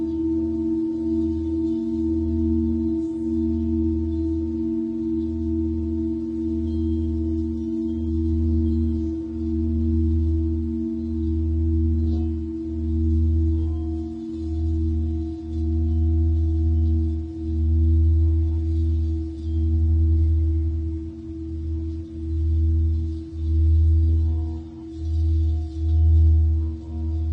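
A singing bowl rings with a steady, sustained hum, its low tone pulsing in slow, regular beats throughout. A few clear higher tones hold steady above it, and the pulsing grows stronger and more pronounced toward the end.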